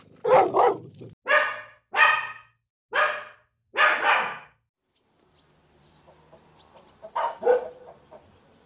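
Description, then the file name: Dog barking: five loud, harsh barks in quick succession, a pause with faint background sounds, then a short final burst of barking near the end. "cachorro latindo"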